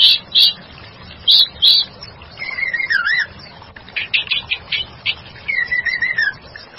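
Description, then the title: White-rumped shama song beginning with a few short loud bursts, then a twisting whistled phrase, stuttering rapid notes, and a final gently falling whistle. "murai batu"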